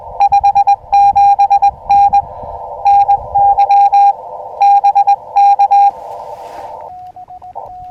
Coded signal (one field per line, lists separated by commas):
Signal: Morse code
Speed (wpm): 20 wpm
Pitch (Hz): 800 Hz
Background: radio noise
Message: 57N NY BK